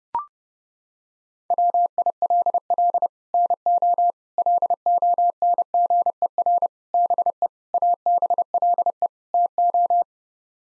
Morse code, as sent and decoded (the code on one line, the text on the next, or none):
.-- .. .-.. .-.. / -. --- / .-.. --- -. --. . .-. / -... . / .- -... .-.. . / - ---
WILL NO LONGER BE ABLE TO